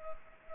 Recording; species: mosquito wingbeat signal from an infrared sensor; Culex pipiens